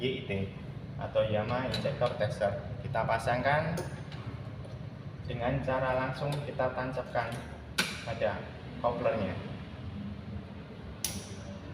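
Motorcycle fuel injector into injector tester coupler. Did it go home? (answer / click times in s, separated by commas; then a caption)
yes / 11.1 s. A customer's motorcycle fuel injector is pushed straight into the coupler of a Yamaha injector tester while someone talks. A sharp click is heard at 11.1 seconds as the injector locks into the tester coupler.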